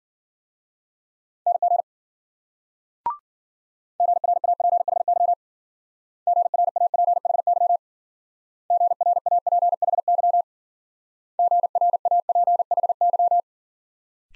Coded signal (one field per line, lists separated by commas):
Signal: Morse code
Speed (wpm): 50 wpm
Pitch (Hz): 700 Hz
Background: none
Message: NG GRAPHY GRAPHY GRAPHY GRAPHY